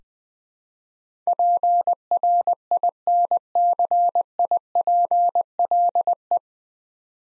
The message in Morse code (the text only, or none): PRINCIPLE